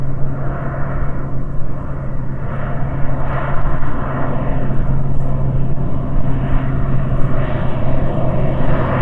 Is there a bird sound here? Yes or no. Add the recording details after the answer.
no. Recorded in the Prudhoe Bay oil fields, Alaska, on 21 June 2019 at 10:45. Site 22